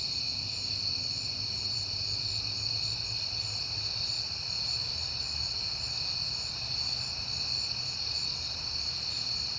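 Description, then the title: Crickets trilling steadily in a high chorus over a low rumble. Crickets at night in September, on a peaceful night. "Night Time: Crickets and Passing Cars"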